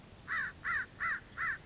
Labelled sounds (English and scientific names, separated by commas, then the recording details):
American Crow (Corvus brachyrhynchos)
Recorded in Sonoma County, California